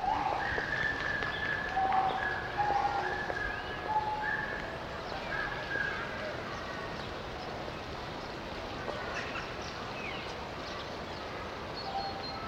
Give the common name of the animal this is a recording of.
Pileated Gibbon